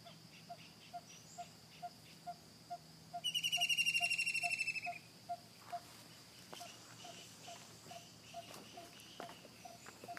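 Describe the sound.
White-throated kingfisher giving one rapid, shrill, slightly descending whinnying trill lasting under two seconds, over a steady series of soft pulses.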